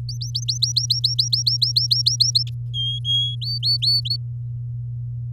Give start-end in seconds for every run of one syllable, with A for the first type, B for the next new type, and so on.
0.09-2.43 A, 2.74-3.35 B, 3.42-4.16 C